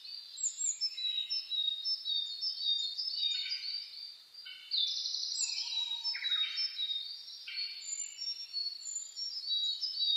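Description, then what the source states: Birds in a busy dawn chorus, layered high twitters, buzzy trills and short whistles from many birds, with a soft lower whistle midway. Dawn chorus (reimei) of birdsong (saezuri), recorded 10 May 2010.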